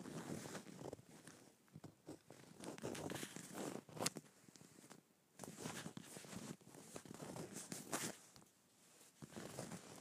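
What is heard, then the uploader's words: A leather bag is scraped in uneven, rough strokes that come in bursts every second or so, with short quiet gaps between them. The scratching is hissy and bright, and a couple of sharp clicks stand out, near four and eight seconds. Scraping my Leather Bag.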